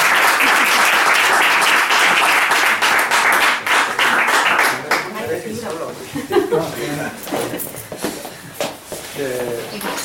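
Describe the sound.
An audience at a book club event in Cáceres, Spain, applauds with dense, steady clapping for about five seconds to welcome the guest author, then the clapping thins out and fades as a man begins speaking over the last scattered claps.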